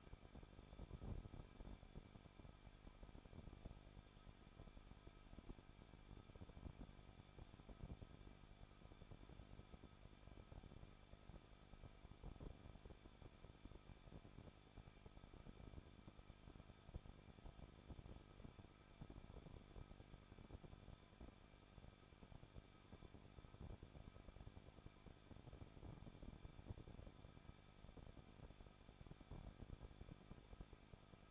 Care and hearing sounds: daily activity, microphone in the room; no activity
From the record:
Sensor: 5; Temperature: 20.8 degrees Celsius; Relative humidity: 38.4%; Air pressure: 1006.5 hPa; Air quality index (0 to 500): 190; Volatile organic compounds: 20 ppm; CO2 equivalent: 2675 ppm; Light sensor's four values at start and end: 2/3/1/1 and 2/3/1/1

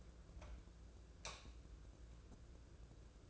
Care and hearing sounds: daily activity, microphone in the room; light on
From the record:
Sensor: 2

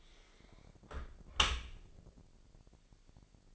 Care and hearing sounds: daily activity, microphone in the room; close dishwasher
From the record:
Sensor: 5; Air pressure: 1000.8 hPa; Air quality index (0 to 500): 248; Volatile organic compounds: 34 ppm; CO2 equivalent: 3050 ppm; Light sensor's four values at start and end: 31/71/28/27 and 31/71/28/26

